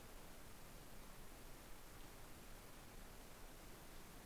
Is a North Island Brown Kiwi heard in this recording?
no